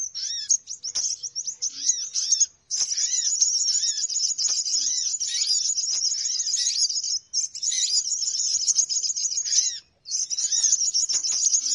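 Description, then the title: Birds keep up a thick, shrill twittering with rapid trills and curved lower notes, pausing only briefly a few times. Noisy bird lure call for attracting birds. "Suara Pikat Burung Ribut"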